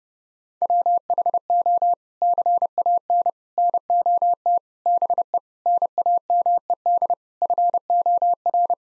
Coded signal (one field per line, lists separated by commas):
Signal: Morse code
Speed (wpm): 30 wpm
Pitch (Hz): 700 Hz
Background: none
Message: WHO CAN NOT BE NAMED FOR